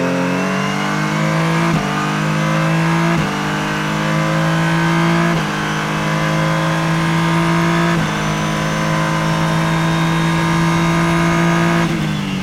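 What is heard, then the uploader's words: Audio from inside a car at Mid-Ohio, with a loud engine droning steadily as it climbs through the gears. The pitch rises, drops sharply at each shift around 2, 3, 5.5, 8 and 12 seconds, then climbs again. The loudness stays high and even throughout. Nissan Onroak DPi In-Car Audio, Mid-Ohio. Ride with Scott Sharp and teammate Ryan Dalziel around the Mid-Ohio Sports Car course in their twin-turbo V6-powered Nissan Onroak DPi.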